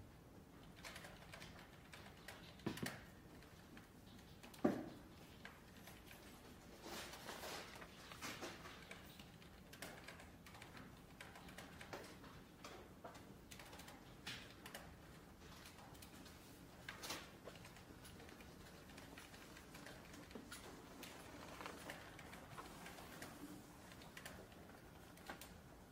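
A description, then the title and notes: Library ambience in Glasgow: a steady low hum with scattered soft clicks and taps throughout, and a sharper knock just before five seconds. Glasgow library. (university of glasgow).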